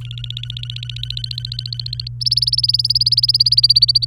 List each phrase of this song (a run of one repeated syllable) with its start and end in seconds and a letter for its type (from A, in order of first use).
0.00-2.08 A, 2.21-4.05 B